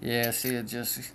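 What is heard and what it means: A part is handled at its plastic bottom cap, about to be pressed in, while someone talks throughout the clip. Nothing has seated or clicked yet.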